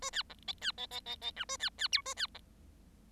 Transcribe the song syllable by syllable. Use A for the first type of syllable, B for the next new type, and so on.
A B C D B D D D D E A B B F A B C